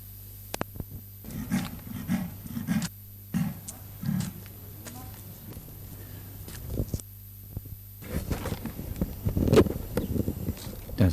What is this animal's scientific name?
Panthera pardus